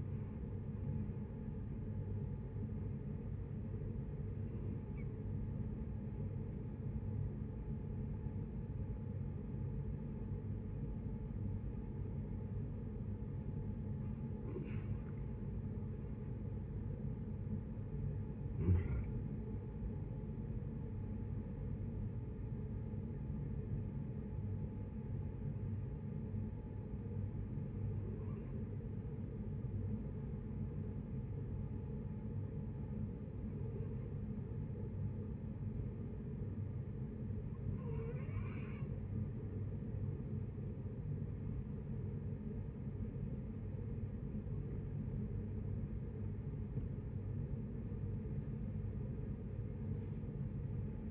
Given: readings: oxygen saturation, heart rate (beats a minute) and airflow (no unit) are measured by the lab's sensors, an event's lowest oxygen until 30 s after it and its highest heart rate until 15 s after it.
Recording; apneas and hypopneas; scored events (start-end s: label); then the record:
breathing in sleep by a smartphone at the bedside; 2
3.00-14.80 s: hypopnea (N1, oxygen 94% highest, then 90% lowest, heart rate 71 at the start, 74 highest)
27.00-41.50 s: hypopnea (N1, oxygen 94% highest, then 89% lowest, heart rate 74 at the start, 80 highest)
34.00-51.11 s: new sleep stage, awake
41.00-51.11 s: awake
From the record:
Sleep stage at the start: N1 (lightest sleep); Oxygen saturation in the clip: 89 to 94%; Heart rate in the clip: 64 to 78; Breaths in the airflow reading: 10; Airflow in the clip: -10.8 to 12.6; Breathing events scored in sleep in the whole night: 496 in 5.4 hours asleep